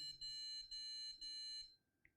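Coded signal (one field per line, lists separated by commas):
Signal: beep code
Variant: Gigabyte motherboard POST beeps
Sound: a clipped beep followed by three steady, evenly spaced electronic beeps, each about 0.4 seconds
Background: low room hum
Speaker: oh we got five beeps one two three four five that's an interesting error code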